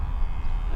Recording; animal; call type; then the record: contact call of a hoofed animal; cattle; low-frequency (closed-mouth) or high-frequency (open-mouth) call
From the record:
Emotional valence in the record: negative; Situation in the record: full separation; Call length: 0.76 s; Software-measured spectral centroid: 1010 Hz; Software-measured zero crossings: 260 a second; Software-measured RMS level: -24 dBFS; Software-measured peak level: -14 dBFS